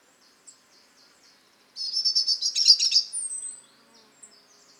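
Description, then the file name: European robin giving one dense, rapid, high twittering phrase of about two seconds ending in a thin whistle, with faint ticking notes around it. "Erithacus rubecula"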